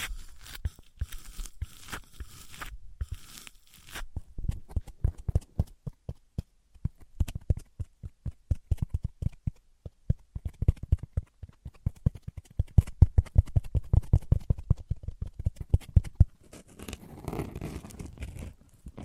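Materials such as wood, cork, foam and plastic being handled, with rapid irregular knocks, scrapes and tearing crunches, then a softer rustling stretch near the end.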